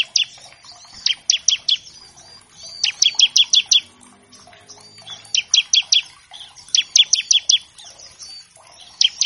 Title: Ciblek Gacor Vs Kenari Gacor. Pancingan Ciblek bahan agar cepat bunyi